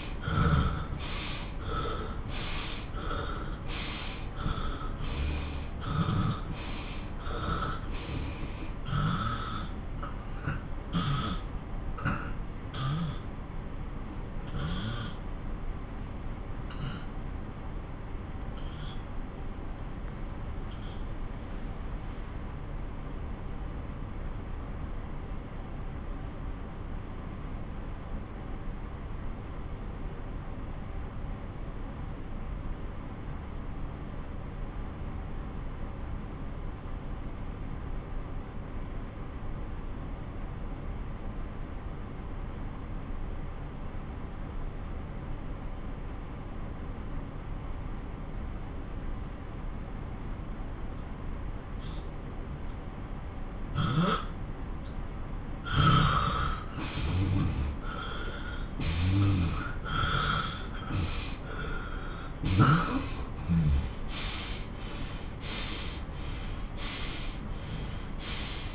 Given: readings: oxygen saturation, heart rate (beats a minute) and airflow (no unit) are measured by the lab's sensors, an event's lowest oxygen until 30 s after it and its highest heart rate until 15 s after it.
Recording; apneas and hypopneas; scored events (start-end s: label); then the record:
breathing in sleep by a smartphone at the bedside; 1
10.00-53.90 s: obstructive apnea (N1, oxygen 97% highest, then 89% lowest)
17.00-47.00 s: new sleep stage, N2 (light sleep)
47.00-68.74 s: new sleep stage, N1 (lightest sleep)
From the record:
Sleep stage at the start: N1 (lightest sleep); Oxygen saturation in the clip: 83 to 97%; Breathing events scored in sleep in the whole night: 217 in 6.3 hours asleep